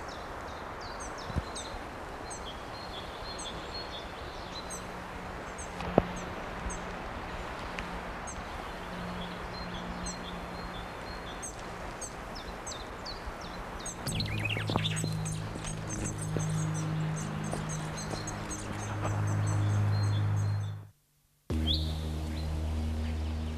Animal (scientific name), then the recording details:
Fringilla coelebs. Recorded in captivity. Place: Wilseder Berg, Wilsede, Niedersachsen, DE. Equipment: Halbspur, 9,5 cm/s. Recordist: Lütgens, Hans